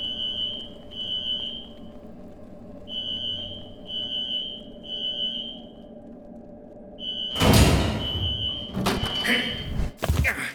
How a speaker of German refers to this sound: Den Alarm bitte mal ausschalten? Schon dabei. Ich lasse ihn im restlichen Teil des Gebäudes weiterklingeln.